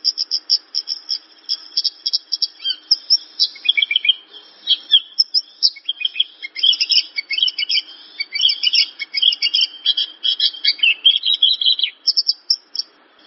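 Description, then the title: Javan bush lark singing a dense, nearly continuous stream of rapid chirps and high buzzy trills. Song used as a lure recording (pancingan); the bird is described as gacor, singing actively. "PANCINGAN Suara BURUNG Branjangan Gacor"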